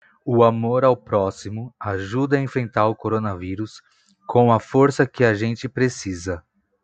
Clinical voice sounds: spoken sentence; Brazilian Portuguese; male; 20 to 29 years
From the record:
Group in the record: control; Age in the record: 25 years

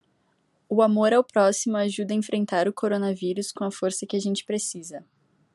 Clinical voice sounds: spoken sentence; Brazilian Portuguese; female; 18 to 19 years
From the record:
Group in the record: control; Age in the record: 18 years

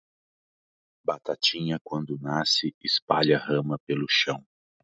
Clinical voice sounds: short text; Brazilian Portuguese; male; 40 to 49 years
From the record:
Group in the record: control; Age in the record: 49 years

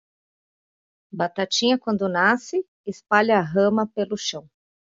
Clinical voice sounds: short text; Brazilian Portuguese; female; 30 to 39 years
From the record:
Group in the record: control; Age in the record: 39 years

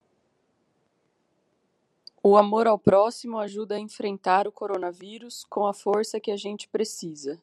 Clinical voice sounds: spoken sentence; Brazilian Portuguese; female; 30 to 39 years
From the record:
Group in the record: control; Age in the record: 31 years

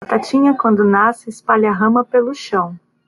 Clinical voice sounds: short text; Brazilian Portuguese; female; 30 to 39 years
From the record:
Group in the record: control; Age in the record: 39 years

